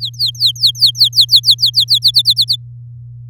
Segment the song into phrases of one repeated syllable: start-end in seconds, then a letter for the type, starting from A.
0.00-1.99 A, 2.02-2.56 B